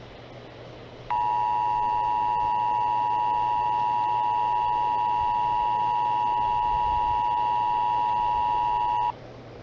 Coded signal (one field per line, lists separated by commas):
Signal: Emergency Alert System (SAME) tones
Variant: 853 and 960 Hz attention tone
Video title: What if... The Emergency Alert System was in video games?